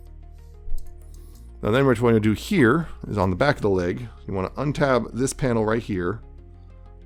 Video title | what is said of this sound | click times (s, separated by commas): Review: Craftsman Toys Steel Wings & Speed Drive | Then rotate the lower thigh 180 degrees again, and then slide it back down and click into place, like that. | 0.8 s